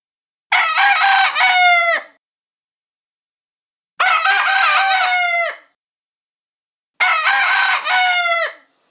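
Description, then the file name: Chicken: rooster crowing three times, each a harsh, harmonic-rich cock-a-doodle-doo lasting about one and a half seconds, separated by short silent gaps. "Roosters"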